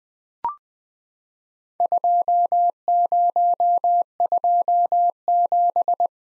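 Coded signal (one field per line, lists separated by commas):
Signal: Morse code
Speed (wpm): 20 wpm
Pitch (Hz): 700 Hz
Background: none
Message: 2027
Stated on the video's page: Morse practice of Worked All Europe DX Contest QTC exchanges at 20 wpm, each sent, spoken, then sent again.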